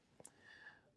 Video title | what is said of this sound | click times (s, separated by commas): Why I’m Ditching the Jetboil-And a Discount Code for a FIREMAPLE! | popping into place | 0.2 s